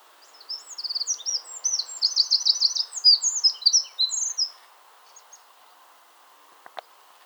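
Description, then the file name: Eurasian wren song, a quick run of high piercing notes and trills for about four seconds, then near quiet broken by a couple of soft clicks. "Troglodytes troglodytes"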